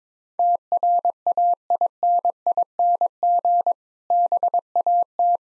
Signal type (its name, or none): Morse code